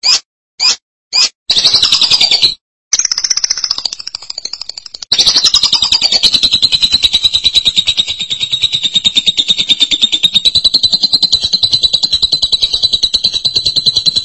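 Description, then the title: Lovebird trill: a few clipped high notes lead into a long, continuous, pulsing chatter that dips slightly and then levels off. "BM Suara Burung Lovebird"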